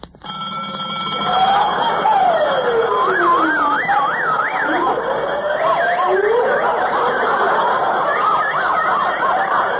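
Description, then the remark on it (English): A loud alarm siren on a safe being opened goes off, blaring steadily with overlapping rising and falling wails and rapid warbling tones that continue without a break, with no voices. “Got to turn off the alarm.”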